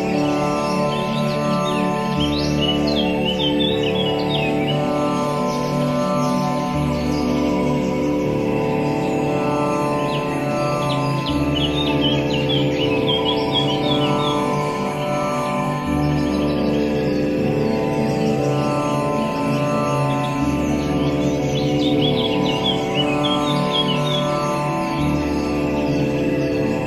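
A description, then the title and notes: Morning birdsong in a jungle floats above a steady, sustained tanpura drone and a soft, warm pad. Bright chirps and twittering calls come in clusters every few seconds, while a low pulsing tone shifts in a slow, regular cycle underneath, all at an even level. Morning time activity of the birds in a jungle mixed with relaxing tanpura and a soothing soft pad.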